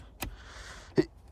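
A repaired plastic brace arm on the variable boot floor of a Skoda Octavia Mk3 Estate is swivelled and pushed into its mount, and it locks into place with a sharp click at 0.2 s. A second, louder knock follows near 1.0 s over a low, steady background.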